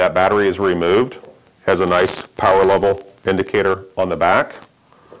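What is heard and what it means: A man talks throughout as the removable battery pack, which has a power level indicator on its back, is handled to be pushed back into the rear of a Dräger X-Plore 8500 powered air-purifying respirator blower unit, where it snaps back in very easily. A faint, brief sound comes at about 4.9 s after the talking stops. The battery has not seated or clicked into place yet.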